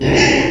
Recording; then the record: squeal of a Yucatan mini pig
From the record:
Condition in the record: before surgery on the right vocal fold (resection and tissue-engineered implant); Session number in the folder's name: 1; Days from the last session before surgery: -3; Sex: male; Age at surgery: 12 weeks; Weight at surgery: 13 kg